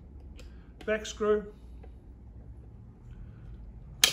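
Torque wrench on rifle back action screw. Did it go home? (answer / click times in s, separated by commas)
yes / 4.0 s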